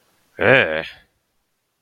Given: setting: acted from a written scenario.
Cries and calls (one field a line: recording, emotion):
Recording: vocal sound without words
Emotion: disgust